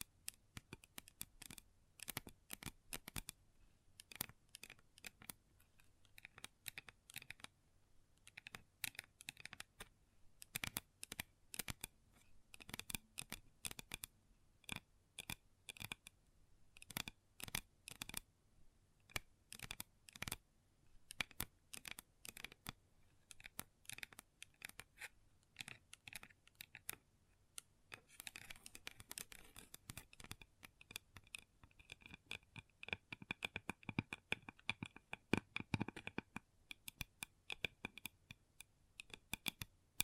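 Long nails tap and scratch on a table in quick, irregular bursts, each tap a sharp click with a bright, dry edge. The tapping runs densely throughout, with a busier, rougher stretch of scratching between about 28 and 37 seconds. No voice is heard.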